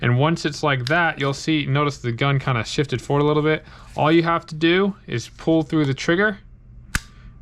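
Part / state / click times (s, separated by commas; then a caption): pistol slide releasing from the polymer frame during takedown / released / 7.0 s. A Taurus GX4 pistol is being field stripped: with the slide unlocked, the trigger is pulled so the striker releases and the slide pops forward from the polymer frame, letting the upper and lower halves separate. Someone talks through most of the clip, then a single sharp metallic click sounds at 6.9 s as the slide releases.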